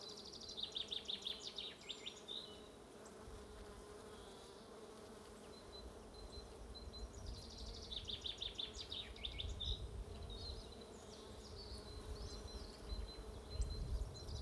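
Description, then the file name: Bees drone steadily beneath two bursts of rapid chirping birdsong, with low rumbling noise rising in the second half. "buzzing bees"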